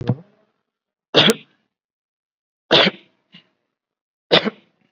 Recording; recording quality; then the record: heavy voluntary cough; excellent, no background noise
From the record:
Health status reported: COVID-19 positive, mild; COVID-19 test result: positive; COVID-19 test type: RT-PCR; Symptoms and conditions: cough, hypertension, diabetes, another condition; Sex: male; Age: 59 years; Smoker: no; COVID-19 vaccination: one dose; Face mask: not worn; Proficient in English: yes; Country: India